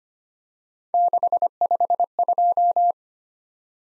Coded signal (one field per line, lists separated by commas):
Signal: Morse code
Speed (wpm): 25 wpm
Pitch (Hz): 700 Hz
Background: none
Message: 652